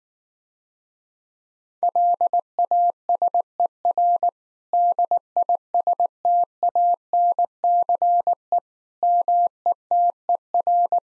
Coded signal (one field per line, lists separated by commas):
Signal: Morse code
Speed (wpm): 19 wpm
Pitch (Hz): 700 Hz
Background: none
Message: LASER DISTANCE METER